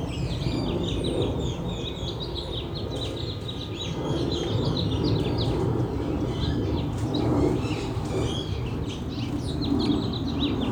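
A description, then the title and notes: Birds chirp and sing continuously in a backyard over a steady low rumble, likely a plane, with no breaks across the recording. Saturday morning in the backyard with planes and birds singing in Phoenix Arizona. The sun was shining, the Fall weather of 76 degrees, the birds chirping.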